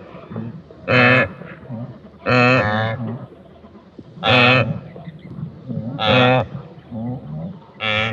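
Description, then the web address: Wildebeest grunting: loud, nasal honking grunts with strong harmonics, five bursts spaced roughly every one and a half to two seconds, softer grunts between. "SFXSource AOS Wildebeasts Grunting"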